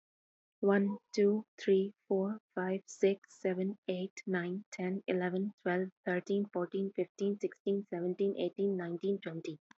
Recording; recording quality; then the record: counting at a normal pace; excellent, no background noise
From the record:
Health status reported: healthy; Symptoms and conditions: none ticked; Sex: female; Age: 25 years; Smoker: not ticked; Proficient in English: yes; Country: India